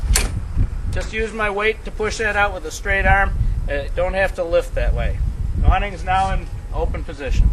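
On the second support arm of a Zip Dee patio awning on an Airstream, the awning roller is pushed with a straight arm from the inside while the spring snap stud is pulled past its hole. A sharp snap at 0.2 s marks the stud locking into its hole, and then someone talks. The awning ends up in the open position.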